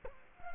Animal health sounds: mosquito wingbeat signal from an infrared sensor; Culex quinquefasciatus

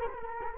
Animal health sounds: mosquito wingbeat signal from an infrared sensor; Culex quinquefasciatus

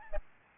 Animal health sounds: mosquito wingbeat signal from an infrared sensor; Aedes albopictus

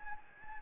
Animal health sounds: mosquito wingbeat signal from an infrared sensor; Anopheles gambiae

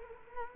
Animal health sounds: mosquito wingbeat signal from an infrared sensor; Culex quinquefasciatus

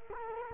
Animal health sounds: mosquito wingbeat signal from an infrared sensor; Culex quinquefasciatus

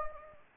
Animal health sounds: mosquito wingbeat signal from an infrared sensor; Anopheles gambiae

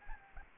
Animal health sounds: mosquito wingbeat signal from an infrared sensor; Anopheles arabiensis

